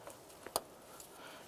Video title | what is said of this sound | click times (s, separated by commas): How To Replace Engine Mount 2001-2005 Honda Civic | you hear an audible click once that's locked in | 0.6 s